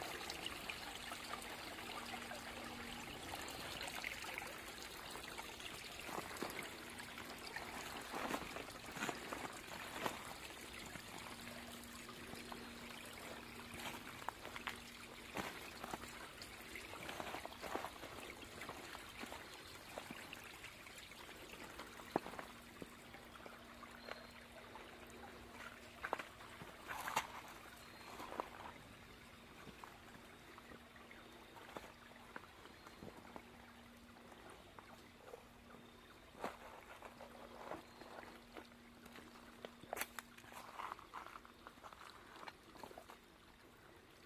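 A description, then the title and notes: An outdoor fall walk with steady trickling water, frequent crisp rustles and snaps throughout, and a faint low hum coming and going. Nature Walkabout in Fall.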